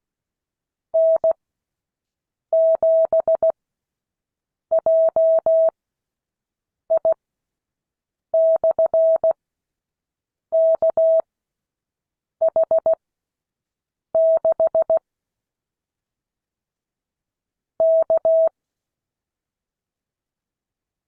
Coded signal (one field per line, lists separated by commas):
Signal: Morse code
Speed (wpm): 16 wpm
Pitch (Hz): 650 Hz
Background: none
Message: N7JI/KH6 K